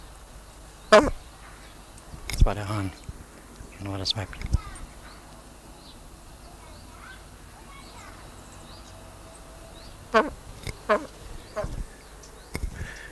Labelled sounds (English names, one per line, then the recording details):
Blue Eared Pheasant call
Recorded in captivity
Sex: pair
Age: adult
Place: Tierpark Berlin, Berlin, DE
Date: 1999-07-31 16:56
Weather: heiter, 26°C
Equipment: Sony WM-D6C, Sennheiser ME 80, Kopie Uher 4000 Report Monitor
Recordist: Tembrock, Günter
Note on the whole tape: Paar: Kurzlaute am Gitter